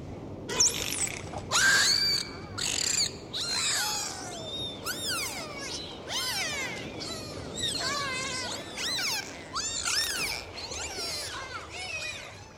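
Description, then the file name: Dolphin whistles in a busy chorus, arched squeaky sweeps and wavering tones one after another, over soft hiss. "Zvuki Prirody - Vesyolye Delfiny"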